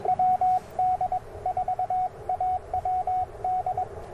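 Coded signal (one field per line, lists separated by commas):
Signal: Morse code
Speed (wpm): 21 wpm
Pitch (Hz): 740 Hz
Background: radio noise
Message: WD4AWD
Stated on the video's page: QRP CW Parks on the Air activation at a national forest, using an Icom IC-705, AlexLoop magnetic loop antenna and BaMaKeY TP-III paddles.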